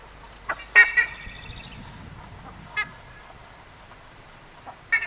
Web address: buff-necked ibis